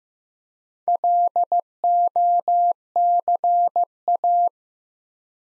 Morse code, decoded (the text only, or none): LOCA